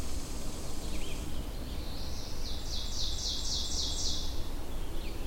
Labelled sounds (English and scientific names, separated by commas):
Ovenbird (Seiurus aurocapilla) song